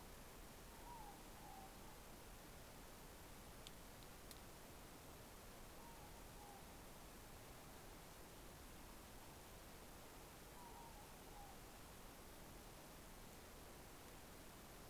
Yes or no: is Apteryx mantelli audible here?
no